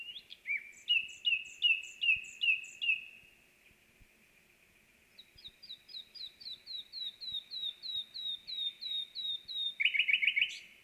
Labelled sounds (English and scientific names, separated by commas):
Common Nightingale (Luscinia megarhynchos) song